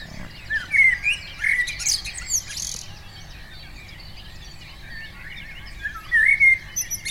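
Common blackbird gives clear slurred whistles in two clusters, early and late, with a quieter stretch of mixed bird chirping in between.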